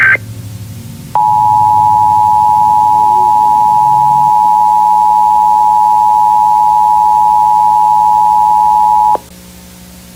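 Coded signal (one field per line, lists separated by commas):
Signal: Emergency Alert System (SAME) tones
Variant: 853 and 960 Hz attention tone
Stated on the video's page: Fictional analog-horror EAS scenario made with Audacity and text-to-speech narration.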